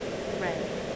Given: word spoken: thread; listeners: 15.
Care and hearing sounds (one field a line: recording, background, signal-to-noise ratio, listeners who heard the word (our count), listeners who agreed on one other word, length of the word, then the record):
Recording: one English word in noise, from a listening test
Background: speech-shaped noise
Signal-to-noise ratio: -4.8 dB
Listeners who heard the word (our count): 2 of 15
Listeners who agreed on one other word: 10 of 15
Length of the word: 0.56 s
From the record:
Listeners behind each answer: 10, 3, 2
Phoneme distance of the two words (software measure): 7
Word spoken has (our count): 1 syllable, 4 phonemes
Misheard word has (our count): 1 syllable, 3 phonemes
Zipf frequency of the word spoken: 3.74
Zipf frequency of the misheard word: 5.41